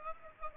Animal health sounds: mosquito wingbeat signal from an infrared sensor; Aedes aegypti

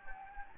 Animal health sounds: mosquito wingbeat signal from an infrared sensor; Anopheles gambiae

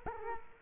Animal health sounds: mosquito wingbeat signal from an infrared sensor; Culex quinquefasciatus

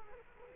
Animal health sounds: mosquito wingbeat signal from an infrared sensor; Culex quinquefasciatus

